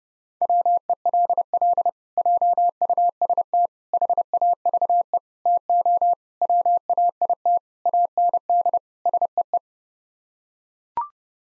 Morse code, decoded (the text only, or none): WELL JUST HAVE TO WAIT AND SEE